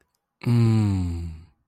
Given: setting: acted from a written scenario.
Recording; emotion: vocal sound without words; desire